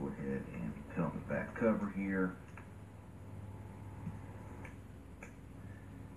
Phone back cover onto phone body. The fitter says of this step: So it snaps into place really nice there and everything around.